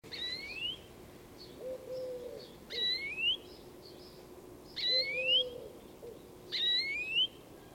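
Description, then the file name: European greenfinch calling with nasal, upward-sliding notes about every two seconds, while a low, flat hooting tone also sounds at times. "Chloris chloris"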